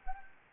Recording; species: mosquito wingbeat signal from an infrared sensor; Anopheles gambiae